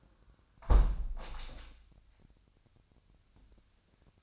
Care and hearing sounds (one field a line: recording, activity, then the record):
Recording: daily activity, microphone in the room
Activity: close window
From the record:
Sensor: 2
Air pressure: 997.8 hPa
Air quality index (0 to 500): 129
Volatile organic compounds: 3 ppm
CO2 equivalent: 1450 ppm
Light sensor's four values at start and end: 11/32/13/12 and 11/32/13/12